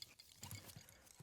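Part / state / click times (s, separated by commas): shock mount threaded onto microphone stand / not seated / none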